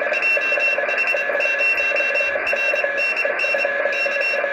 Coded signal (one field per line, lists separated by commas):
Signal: Morse code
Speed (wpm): 27 wpm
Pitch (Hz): 2700 Hz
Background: radio noise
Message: JH0RNN K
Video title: BH6KOK cw qso with E21EJC, Heard JH0RNN cw on Satellite DOSAAF-85 (RS-44) 29 AUGUST 2021